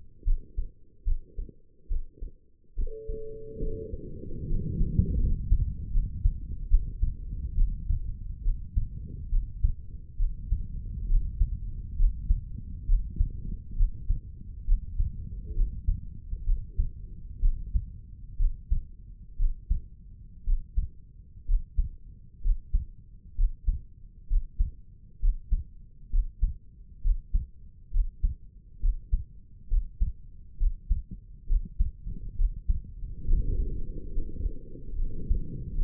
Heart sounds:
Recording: heart sounds by stethoscope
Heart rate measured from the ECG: 68 bpm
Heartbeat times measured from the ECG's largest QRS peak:
0.25 s: heartbeat
1.04 s: heartbeat
1.88 s: heartbeat
2.75 s: heartbeat
3.59 s: heartbeat
4.48 s: heartbeat
5.19 s: heartbeat
5.92 s: heartbeat
6.68 s: heartbeat
7.55 s: heartbeat
8.43 s: heartbeat
9.29 s: heartbeat
10.17 s: heartbeat
11.08 s: heartbeat
11.97 s: heartbeat
12.86 s: heartbeat
13.75 s: heartbeat
14.65 s: heartbeat
15.54 s: heartbeat
16.44 s: heartbeat
17.40 s: heartbeat
18.37 s: heartbeat
19.36 s: heartbeat
20.44 s: heartbeat
21.45 s: heartbeat
22.41 s: heartbeat
23.35 s: heartbeat
24.27 s: heartbeat
25.19 s: heartbeat
26.09 s: heartbeat
27.01 s: heartbeat
27.90 s: heartbeat
28.79 s: heartbeat
29.67 s: heartbeat
30.57 s: heartbeat
31.46 s: heartbeat
32.35 s: heartbeat
33.24 s: heartbeat
34.11 s: heartbeat
34.95 s: heartbeat
35.75 s: heartbeat
From the record:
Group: healthy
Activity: rest 0-6 s, Valsalva maneuver 6-36 s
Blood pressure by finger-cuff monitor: 106/67 mmHg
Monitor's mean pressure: 78 mmHg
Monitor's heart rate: 67 bpm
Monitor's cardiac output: 5.5 L/min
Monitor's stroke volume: 79 mL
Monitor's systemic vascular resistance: 1040 dyn s/cm5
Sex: female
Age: 22 years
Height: 160 cm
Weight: 45 kg

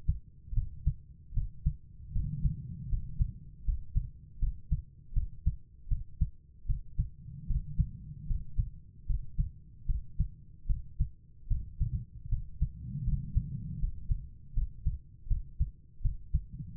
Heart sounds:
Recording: heart sounds by stethoscope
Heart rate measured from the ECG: 78 bpm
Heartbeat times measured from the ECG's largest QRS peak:
0.53 s: heartbeat
1.33 s: heartbeat
2.12 s: heartbeat
2.88 s: heartbeat
3.64 s: heartbeat
4.38 s: heartbeat
5.13 s: heartbeat
5.88 s: heartbeat
6.65 s: heartbeat
7.46 s: heartbeat
8.26 s: heartbeat
9.06 s: heartbeat
9.85 s: heartbeat
10.66 s: heartbeat
11.47 s: heartbeat
12.28 s: heartbeat
13.03 s: heartbeat
13.79 s: heartbeat
14.53 s: heartbeat
15.27 s: heartbeat
16.01 s: heartbeat
16.76 s: heartbeat
From the record:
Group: healthy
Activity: rest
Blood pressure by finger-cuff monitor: 105/78 mmHg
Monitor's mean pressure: 88 mmHg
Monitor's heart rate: 77 bpm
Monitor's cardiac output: 5.5 L/min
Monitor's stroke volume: 71 mL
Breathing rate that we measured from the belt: 12 breaths a minute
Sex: female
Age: 32 years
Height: 172 cm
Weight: 71.7 kg

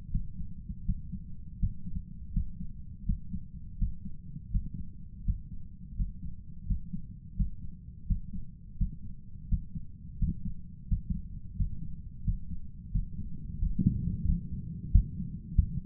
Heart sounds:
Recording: heart sounds by stethoscope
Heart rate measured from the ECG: 85 bpm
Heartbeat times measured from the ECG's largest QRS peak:
0.08 s: heartbeat
0.83 s: heartbeat
1.57 s: heartbeat
2.31 s: heartbeat
3.03 s: heartbeat
3.76 s: heartbeat
4.49 s: heartbeat
5.23 s: heartbeat
5.94 s: heartbeat
6.65 s: heartbeat
7.34 s: heartbeat
8.05 s: heartbeat
8.76 s: heartbeat
9.47 s: heartbeat
10.17 s: heartbeat
10.86 s: heartbeat
11.55 s: heartbeat
12.22 s: heartbeat
12.90 s: heartbeat
13.57 s: heartbeat
14.24 s: heartbeat
14.91 s: heartbeat
15.55 s: heartbeat
From the record:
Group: healthy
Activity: Valsalva maneuver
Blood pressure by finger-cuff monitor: 88/74 mmHg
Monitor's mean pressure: 79 mmHg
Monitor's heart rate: 83 bpm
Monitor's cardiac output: 6.1 L/min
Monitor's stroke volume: 74 mL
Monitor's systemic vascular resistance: 910 dyn s/cm5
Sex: male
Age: 57 years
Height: 188 cm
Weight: 106 kg

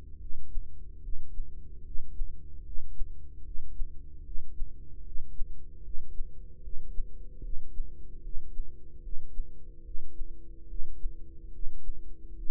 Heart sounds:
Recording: heart sounds by microphone in the right ear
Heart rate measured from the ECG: 74 bpm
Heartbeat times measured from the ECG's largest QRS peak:
0.18 s: heartbeat
1.00 s: heartbeat
1.82 s: heartbeat
2.62 s: heartbeat
3.42 s: heartbeat
4.22 s: heartbeat
5.02 s: heartbeat
5.81 s: heartbeat
6.61 s: heartbeat
7.40 s: heartbeat
8.20 s: heartbeat
9.00 s: heartbeat
9.82 s: heartbeat
10.66 s: heartbeat
11.50 s: heartbeat
12.34 s: heartbeat
From the record:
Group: healthy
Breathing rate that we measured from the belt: 19 breaths a minute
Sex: female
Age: 43 years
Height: 160 cm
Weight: 90 kg

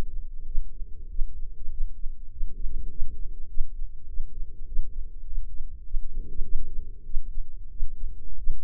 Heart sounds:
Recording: heart sounds by microphone in the right ear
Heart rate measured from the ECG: 99 bpm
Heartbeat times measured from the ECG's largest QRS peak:
0.46 s: heartbeat
1.09 s: heartbeat
1.70 s: heartbeat
2.30 s: heartbeat
2.89 s: heartbeat
3.48 s: heartbeat
4.07 s: heartbeat
4.66 s: heartbeat
5.25 s: heartbeat
5.84 s: heartbeat
6.43 s: heartbeat
7.04 s: heartbeat
7.70 s: heartbeat
8.37 s: heartbeat
From the record:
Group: healthy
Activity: rest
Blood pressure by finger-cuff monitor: 126/69 mmHg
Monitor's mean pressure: 82 mmHg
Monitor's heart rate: 100 bpm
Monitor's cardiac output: 9 L/min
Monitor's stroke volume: 91 mL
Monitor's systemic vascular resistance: 660 dyn s/cm5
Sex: male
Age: 19 years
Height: 178 cm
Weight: 83 kg

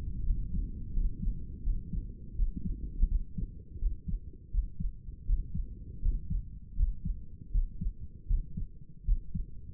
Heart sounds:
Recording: heart sounds by stethoscope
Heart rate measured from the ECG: 82 bpm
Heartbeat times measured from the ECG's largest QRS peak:
0.25 s: heartbeat
0.93 s: heartbeat
1.63 s: heartbeat
2.35 s: heartbeat
3.08 s: heartbeat
3.79 s: heartbeat
4.50 s: heartbeat
5.25 s: heartbeat
6.01 s: heartbeat
6.75 s: heartbeat
7.51 s: heartbeat
8.26 s: heartbeat
9.04 s: heartbeat
From the record:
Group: healthy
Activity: rest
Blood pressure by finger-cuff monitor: 111/71 mmHg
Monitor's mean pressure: 80 mmHg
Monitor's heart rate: 82 bpm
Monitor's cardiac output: 7 L/min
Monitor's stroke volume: 81 mL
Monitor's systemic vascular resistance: 840 dyn s/cm5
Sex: male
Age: 35 years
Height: 180 cm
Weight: 86.9 kg

